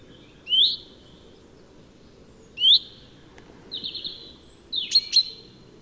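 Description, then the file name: Common chaffinch calls: two short bright notes about two seconds apart, then buzzy notes near the end over a steady low hiss. "Fringilla coelebs"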